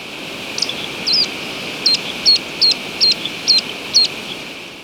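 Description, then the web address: Brown-backed chat-tyrant uttering a series of eight brief high notes against a constant background hiss. Recorded in Ecuador. "Natures Songs S America Birds of Ecuador Brown-Backed Chat-Tyrant"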